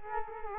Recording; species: mosquito wingbeat signal from an infrared sensor; Culex quinquefasciatus